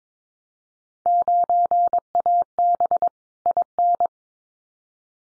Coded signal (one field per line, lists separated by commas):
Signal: Morse code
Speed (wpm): 22 wpm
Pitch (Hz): 700 Hz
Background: none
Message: 9AB IN